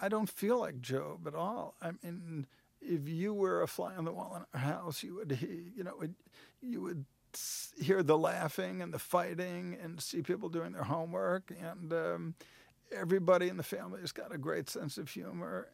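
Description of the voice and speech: Slow, slightly slurred adult male speech with creaky voicing, drawn-out sounds and restarts; dysarthria, his voice very much affected by ongoing multiple sclerosis.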